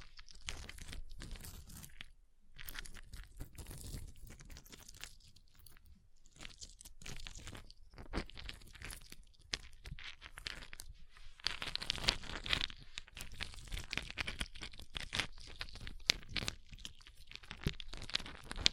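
Ice being tapped, scratched and carved, heard as a dense run of crunchy, crackling scrapes with short gaps between bursts. The strokes come quickly and irregularly, turning brighter and more gritty after about eleven seconds, with occasional sharp ticks toward the end.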